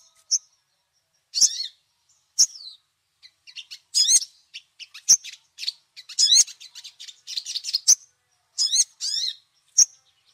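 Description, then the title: Little spiderhunter song: sharp high chirps and short zigzag notes in irregular bursts, with quick clustered phrases between brief pauses. Labaik song variety; a long tutor recording used to teach songbirds. "Masteran Burung Sogok Ontong Labaik"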